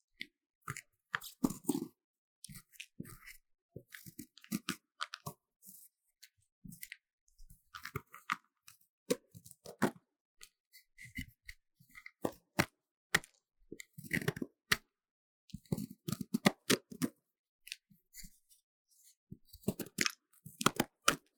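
A magnesium block is scraped in short, irregular gritty strokes with sharp crunchy clicks, quiet gaps between bursts, and denser flurries midway and near the end.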